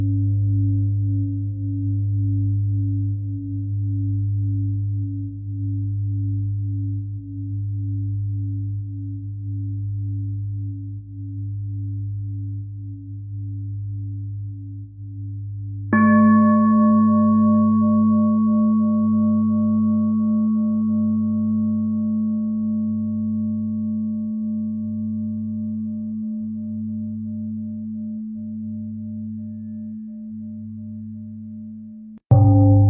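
A deep singing bowl hums steadily, its low tone swelling and pulsing slowly as it rings. Around sixteen seconds a brighter bowl is struck, adding a clear ringing tone that fades gradually, and another strike lands right at the end.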